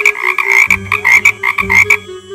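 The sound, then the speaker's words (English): A woman trying to sing ends up croaking: loud, frog-like croaking in quick pulsing bursts, a raspy, buzzy tone with a low rumbling undertone that sets in partway through. It repeats in a rough rhythm for a couple of seconds, with no talking. “in all her excitement, tries to sing and ends up croaking.”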